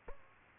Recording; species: mosquito wingbeat signal from an infrared sensor; Aedes albopictus